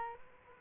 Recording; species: mosquito wingbeat signal from an infrared sensor; Culex quinquefasciatus